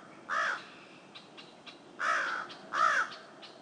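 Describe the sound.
Crow giving three harsh caws, one early and two close together near the end, with faint soft clicks between.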